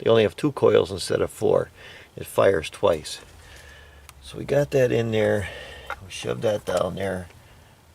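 Someone talks while an ignition coil boot is shoved down onto a spark plug in the engine head of a Suzuki Forenza during a spark plug change. The boot has not seated or clicked into place yet by the end of the clip.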